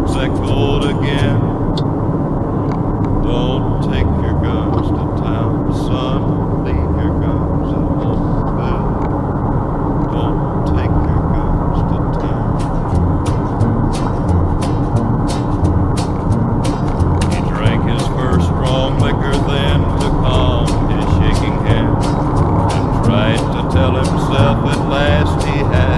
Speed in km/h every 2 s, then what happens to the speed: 61, 59, 59, 58, 54, 53, 51, 49, 49, 52, 55, 57, 58.
0-14 slows to 49. 14-26 speeds up to 58.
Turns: none.